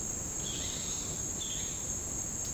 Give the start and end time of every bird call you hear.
[0.35, 1.77] bird call (1.8-5.3 kHz)

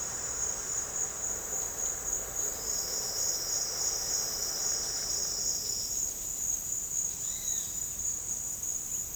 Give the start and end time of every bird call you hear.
[7.14, 7.79] bird call (1.5-4.5 kHz)

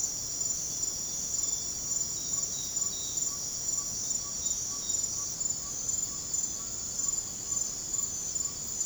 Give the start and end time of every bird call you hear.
[2.31, 8.85] bird call (0.8-1.7 kHz)

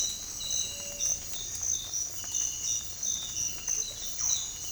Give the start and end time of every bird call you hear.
[0.69, 1.02] bird call (0.3-1.2 kHz)
[3.76, 4.33] bird call (0.3-2.9 kHz)

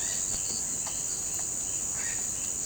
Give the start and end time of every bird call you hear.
[1.91, 2.30] bird call (1.2-5.4 kHz)

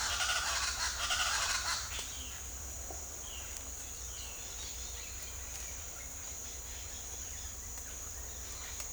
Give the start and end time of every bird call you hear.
[0.00, 1.89] bird call (0.2-12.5 kHz)

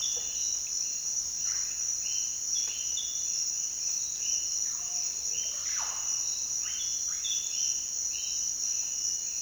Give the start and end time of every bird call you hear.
[4.64, 6.23] bird call (0.4-2.8 kHz)
[6.60, 7.24] bird call (0.8-2.9 kHz)

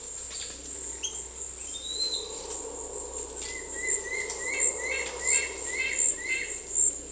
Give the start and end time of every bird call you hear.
[3.44, 6.57] bird call (0.9-9.1 kHz)

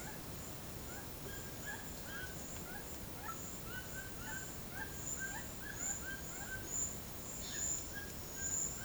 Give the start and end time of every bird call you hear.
[0.00, 6.73] bird call (1.0-2.4 kHz)
[7.61, 8.85] bird call (1.0-2.3 kHz)

